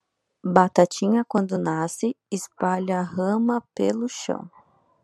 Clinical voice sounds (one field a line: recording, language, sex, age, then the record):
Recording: short text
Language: Brazilian Portuguese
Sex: female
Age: 20 to 29 years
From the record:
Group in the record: control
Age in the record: 25 years